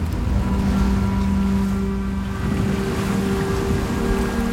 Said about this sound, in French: Il faut imaginer les chocs de chaque vague qui s'écrase sur le pont et que le bateau doit encaisser.